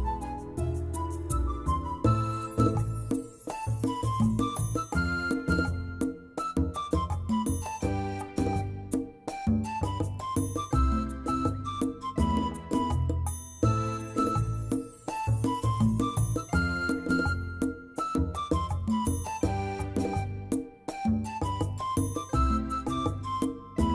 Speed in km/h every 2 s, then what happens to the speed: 142, 139, 135, 134, 134, 135, 137, 136, 137, 135, 132, 129.
0-24 slows to 129.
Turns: none.